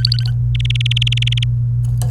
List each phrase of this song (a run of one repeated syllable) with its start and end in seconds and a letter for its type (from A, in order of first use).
0.00-0.30 A, 0.55-1.44 B